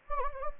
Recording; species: mosquito wingbeat signal from an infrared sensor; Anopheles gambiae